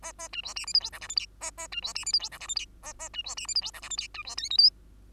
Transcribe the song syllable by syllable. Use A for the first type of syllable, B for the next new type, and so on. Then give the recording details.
A A B C D E F G H I J K A A B C D E F G H I J K A A B C D E F G H I J K B C L M N. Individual Bird2